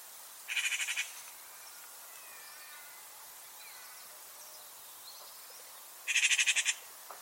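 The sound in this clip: Bird: two short bursts of fast, evenly pulsed high notes several seconds apart, with soft background hiss and a few faint chirps between.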